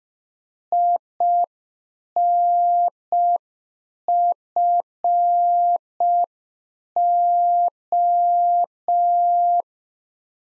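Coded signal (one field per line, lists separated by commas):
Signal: Morse code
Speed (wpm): 5 wpm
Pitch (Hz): 700 Hz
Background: none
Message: INFO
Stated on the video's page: Practice QSO ending segment (pleasantries, 73) sent at 5 wpm for head-copy drill, sent in Morse, spoken, then sent again.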